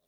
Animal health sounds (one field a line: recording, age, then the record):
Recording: pig call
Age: piglet (1 to 25 days)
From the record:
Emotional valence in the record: positive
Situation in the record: short reunion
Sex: male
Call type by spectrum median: high-frequency call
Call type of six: low-frequency stable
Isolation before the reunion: 3 minutes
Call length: 0.09 s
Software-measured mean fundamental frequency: 178 Hz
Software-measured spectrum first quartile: 933 Hz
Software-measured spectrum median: 4695 Hz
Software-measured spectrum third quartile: 15706 Hz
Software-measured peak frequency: 604 Hz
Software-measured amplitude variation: 57 dB a second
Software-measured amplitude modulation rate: 5.9 a second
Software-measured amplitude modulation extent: 9.7 dB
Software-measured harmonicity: 3.2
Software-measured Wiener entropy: -1.83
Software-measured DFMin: 996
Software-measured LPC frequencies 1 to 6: 604, 2643, 3549, 5145, 9099, 9802 Hz